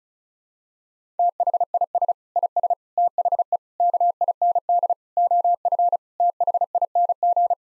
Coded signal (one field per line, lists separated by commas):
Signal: Morse code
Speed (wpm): 34 wpm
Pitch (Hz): 700 Hz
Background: none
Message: THIS IS THE KIND OF THING